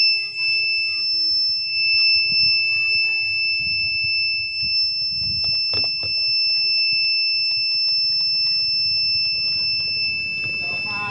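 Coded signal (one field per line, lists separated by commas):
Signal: beep code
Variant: Polytron washing machine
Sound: one unbroken high-pitched beep throughout, with a man talking underneath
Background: speech, room noise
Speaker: kalau kita tombol power tombol powernya powernya debitnya akan berbunyi panjang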